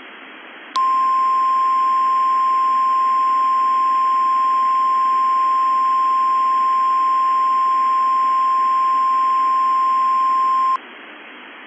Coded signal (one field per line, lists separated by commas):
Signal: Emergency Alert System (SAME) tones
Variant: 1050 Hz attention tone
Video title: "NUCLEAR WINTER 2" [WINTER/NUCLEAR EAS SCENARIO]